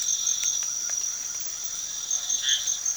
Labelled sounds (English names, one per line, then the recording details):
none
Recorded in pastures near Puerto Asís, Putumayo, Colombia, on 12 March 2025 at 00:30
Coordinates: 0.497, -76.327
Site G072